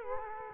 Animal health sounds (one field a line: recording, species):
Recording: mosquito wingbeat signal from an infrared sensor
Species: Culex quinquefasciatus